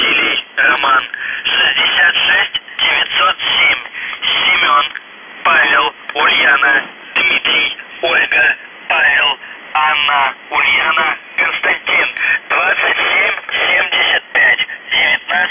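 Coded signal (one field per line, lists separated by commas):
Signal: numbers station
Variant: UVB-76, Russian voice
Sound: a male voice reading short words over shortwave radio, with brief pauses between them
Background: radio static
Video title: The Buzzer/UVB-76(4625Khz) July 7, 2021 12:40UTC Voice message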